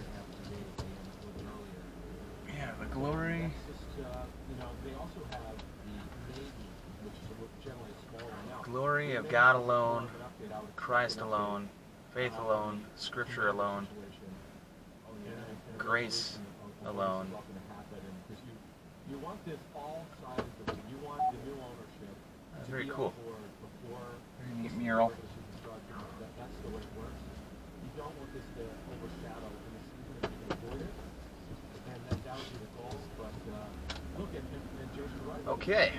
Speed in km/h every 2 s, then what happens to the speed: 2, 0, 6, 3, 0, 0, 0, 0, 0, 0, 0, 0, 0, 0, 2, 2, 0, 3.
0-2 standing. 2-4 pulls away to 6. 4-7 slows to 0. 7-33 standing.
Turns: none.